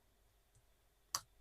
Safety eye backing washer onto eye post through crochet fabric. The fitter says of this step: Voilà, il faut bien entendre le clic, hein.